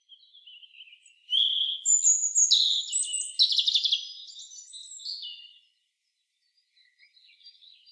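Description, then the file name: European robin: soft thin notes leading into a loud cascade of high, tinkling trills and whistles, then quiet with a few faint notes. "Erithacus rubecula"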